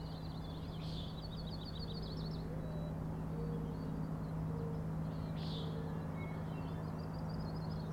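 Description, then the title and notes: Common nighthawk rattles, a fast pulsed train at the start and another at the end, with two sharp bursts and a steady low hum throughout. Three birds flying in close formation, peenting calls and rattling noise, flying remarkably close to the recordist; Schoodic Head overlook, Acadia National Park, Winter Harbor, Maine; 16 June 2017, 4am. "Common Nighthawks, Schoodic Head 061617 4am. 3 common nighthawks making peenting calls and wings booms but also a rattling noise at the Overlook (410 ft) on Schoodic Head (435 feet) Schoodic division Acadia National Park Winter Harbor, ME"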